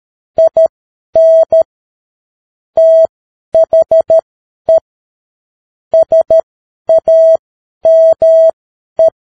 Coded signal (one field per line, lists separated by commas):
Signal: Morse code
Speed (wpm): 13 wpm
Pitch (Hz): 650 Hz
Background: none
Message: IN THE SAME